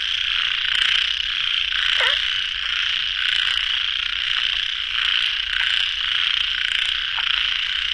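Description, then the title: Frog chorus forming a constant high rattling drone, dotted with short clicks and one quick lower squeak near the start. Frogs calling at a pond late at night; recorded in the field by the recordist. "深夜水塘蛙声伴你入眠 ［声谷］"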